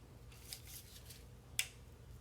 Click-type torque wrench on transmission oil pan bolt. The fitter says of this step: I hope you can hear the torque wrench click so now we're gonna talk this one down here